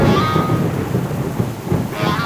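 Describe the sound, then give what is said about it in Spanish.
A thunderstorm: steady, dense rain hiss with deep rolling thunder rumbling underneath, continuous and fairly loud throughout, with no one speaking. “Que no llueva, que ayer lavé el coche.”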